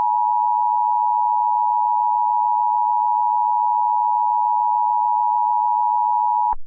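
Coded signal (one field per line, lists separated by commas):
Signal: Emergency Alert System (SAME) tones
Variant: 853 and 960 Hz attention tone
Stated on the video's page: Fictional EAS scenario, not a real alert.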